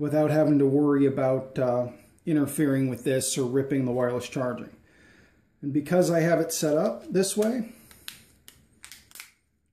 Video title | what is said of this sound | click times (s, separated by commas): Samsung Galaxy Series Wireless Charging adapters (S2,S3,S4,S5) | it snaps right in no problem | 8.5 s, 8.8 s